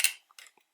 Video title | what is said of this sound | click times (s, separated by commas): JJRC H51 Rocket 360 Drone Review 🚁 | this little switch here to unlock it and it should bring | 0.0 s